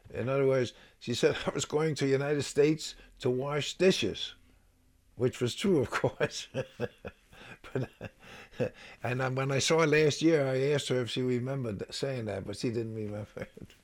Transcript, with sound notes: In other words she said I was going to the United States to wash dishes, which was true, of course. (he laughs) And when I saw her last year, I asked her if she remembered saying that, but she didn't remember it.